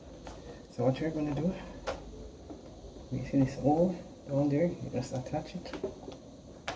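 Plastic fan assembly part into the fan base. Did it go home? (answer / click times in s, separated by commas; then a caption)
no / none. A plastic part of a 16-inch Lasko fan is lined up with the hole in the fan base while someone talks, with soft handling knocks around 0.3 s and 2.5 s and a short sharp tap at 6.7 s. Nothing has seated or clicked yet; the clip ends just before the part snaps home into the base.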